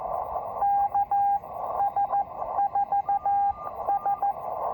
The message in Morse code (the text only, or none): KS4S